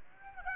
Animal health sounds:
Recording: mosquito wingbeat signal from an infrared sensor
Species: Aedes aegypti

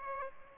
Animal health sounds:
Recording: mosquito wingbeat signal from an infrared sensor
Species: Aedes aegypti

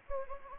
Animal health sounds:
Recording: mosquito wingbeat signal from an infrared sensor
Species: Anopheles gambiae

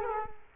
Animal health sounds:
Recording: mosquito wingbeat signal from an infrared sensor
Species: Culex quinquefasciatus

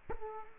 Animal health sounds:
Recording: mosquito wingbeat signal from an infrared sensor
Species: Culex quinquefasciatus

